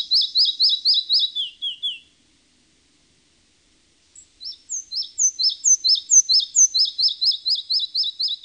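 Red-breasted flycatcher singing a high, rhythmic run of repeated chirpy notes that drops into falling slurs, then a two-second pause before another phrase of repeated notes begins.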